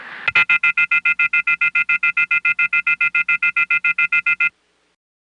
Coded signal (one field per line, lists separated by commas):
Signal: telephone call progress tone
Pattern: off-hook warning tone